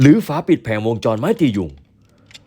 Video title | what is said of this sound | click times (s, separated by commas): วิธีแก้ปัญหาไม้ตียุงใช้งานไม่ได้ #ยุง #ไม้ตียุงไฟฟ้า | โดยปิดแล้วกดลงให้เข้าล็อคจากนั้นใช้ไขวหัวแฉก | 2.4 s